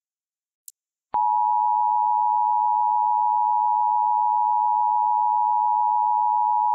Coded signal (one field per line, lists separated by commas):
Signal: Emergency Alert System (SAME) tones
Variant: 853 and 960 Hz attention tone